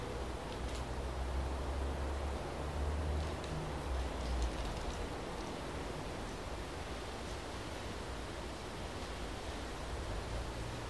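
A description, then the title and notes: Wind glides over the rocks of Mount Ngungun in a steady, dense rush, with low rumbling gusts swelling during the first five seconds. Listen to the wind glide over the rocks of Mount Ngungun during golden hour.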